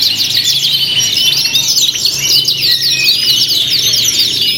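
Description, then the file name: Canaries singing together, a steady wash of fast chattering trills and bright zipping notes, unbroken throughout. Simulated canary singing contest with fill-in tutor songs. "audio simulasi lomba kenari isian. omkicau"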